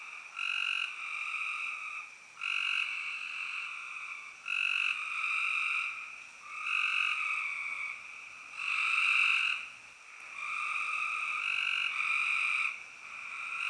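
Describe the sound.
Spring peeper chorus in bursts: loud shrill peeping swells lasting a second or two, separated by quieter pauses.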